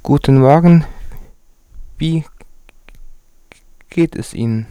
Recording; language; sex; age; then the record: spoken sentence; German; male; 20 to 29 years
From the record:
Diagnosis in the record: stuttering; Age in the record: 23 years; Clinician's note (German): Leichte Diplophonie